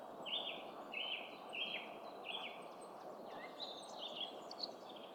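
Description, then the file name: Common chaffinch giving short, bright call notes repeated several times over a steady rushing background noise. "Fringilla coelebs"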